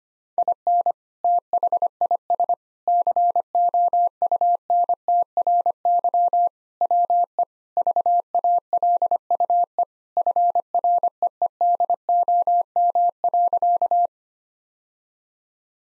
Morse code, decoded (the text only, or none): IN THIS COUNTRY WE VALUE FREEDOM.